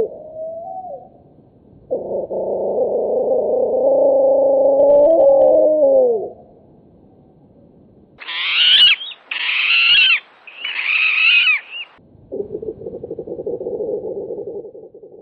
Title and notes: jelenlétét legtöbbször csak malacvisításszerű hangja árulja el